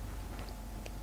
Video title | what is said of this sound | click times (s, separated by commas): Review & Swatches IMPLORA Cheek & Lip Tint - Liptint Lokal Murah 15 Ribuan | sampai bunyinya kayak gitu, baru itu ketutup dengan rapat. | 0.9 s